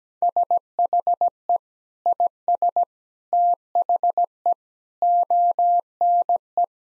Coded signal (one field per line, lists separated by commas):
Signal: Morse code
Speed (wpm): 17 wpm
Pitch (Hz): 700 Hz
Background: none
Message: SHE IS THE ONE